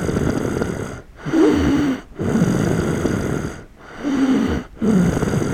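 Rough, rumbling low-pitched breath noises fill most of the clip, coming in long noisy phases broken by short quiet pauses at an uneven rhythm of roughly 20–25 a minute. This is ordinary snoring from an adult sleeping at night, in Die, August 2008.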